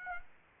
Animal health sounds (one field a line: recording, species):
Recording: mosquito wingbeat signal from an infrared sensor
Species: Aedes aegypti